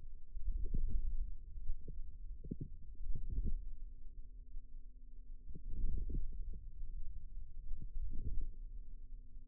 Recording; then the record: forearm muscle sounds (acoustic myography)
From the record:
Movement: hand closing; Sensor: system 2, bracelet of six BSWA MPA416 microphones around the upper forearm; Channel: 4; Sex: female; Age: 22 years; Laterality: right